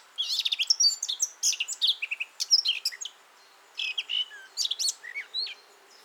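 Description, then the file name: Eurasian blackcap song: rapid warbled phrases of varied whistles and chattering notes, mostly high-pitched, in two bursts of about three and two seconds separated by a short pause. "Sylvia atricapilla"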